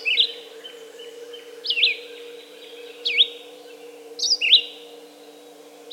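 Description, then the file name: Red-eyed vireo delivering short slurred whistled phrases about every one and a half seconds, some two-part, over a faint low hum. "red-eyed vireo song by jonathon jongsma"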